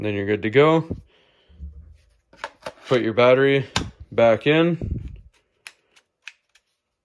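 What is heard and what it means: Someone talks, then a plastic battery pack is slid back into a cordless oscillating multi-tool. Two sharp clicks follow at 5.7 and 6.3 seconds as the pack latches and seats in place.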